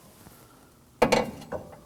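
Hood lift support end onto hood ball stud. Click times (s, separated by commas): 1.0 s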